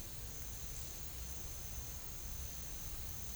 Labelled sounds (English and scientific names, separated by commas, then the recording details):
none
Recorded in pastures near Puerto Asís, Putumayo, Colombia, on 21 December 2024 at 12:00
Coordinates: 0.487, -76.322
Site GP09